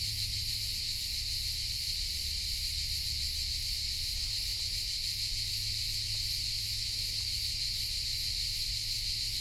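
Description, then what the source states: Cricket: a constant wall of high insect song from many crickets, even throughout, with a soft low drone underneath. Hundreds heard in a pine grove in Collserola, in the morning, in heat over 30 °C; binaural recording.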